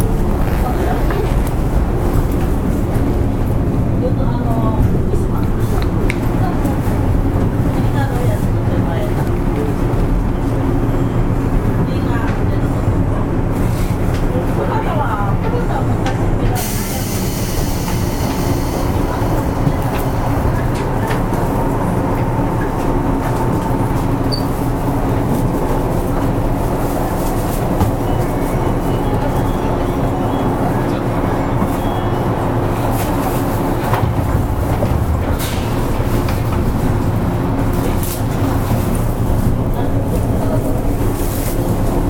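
A JR 103 series train on the Osaka Loop Line, outer loop, running from Tennoji toward Osaka. A steady, dense low rumble of the running train fills all 42 seconds, with muffled voices underneath. A brighter hiss rises suddenly around 16 seconds and eases afterward.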